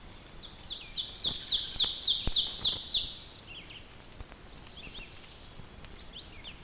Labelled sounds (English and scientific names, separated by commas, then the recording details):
Ovenbird (Seiurus aurocapilla) song
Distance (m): 30 m
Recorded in boreal forest in Alberta, Canada, on 5 June 2016 at 06:22
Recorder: SongMeter 3, array SBT-3-51
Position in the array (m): 245 m, 132 m
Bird 28